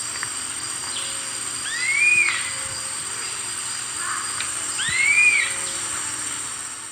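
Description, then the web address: Chestnut-capped puffbird calls: two slurred whistled notes, each rising then falling, about three seconds apart, over a steady high hum. South America, eastern lowlands. "Natures Songs S America Eastern Lowlands. Chestnut-capped Puffbird"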